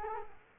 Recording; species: mosquito wingbeat signal from an infrared sensor; Culex quinquefasciatus